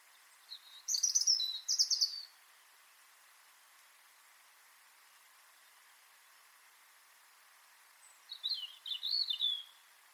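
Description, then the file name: European robin singing a high, tinkling, trilled phrase, then falling silent for several seconds before a thinner, wavering phrase follows. "Erithacus rubecula"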